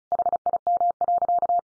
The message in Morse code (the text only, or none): HIM.